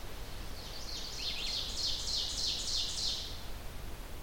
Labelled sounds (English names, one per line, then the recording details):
Ovenbird song
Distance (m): 45 m
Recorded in boreal forest in Alberta, Canada, on 30 June 2016 at 07:05
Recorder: SongMeter 3, array SBT-6-79
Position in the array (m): 214 m, 19 m
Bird 39